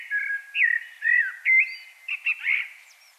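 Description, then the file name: Common blackbird song: a continuous phrase of fluty whistles and slurred notes, ending in a few sharper, squeakier notes. "Turdus merula"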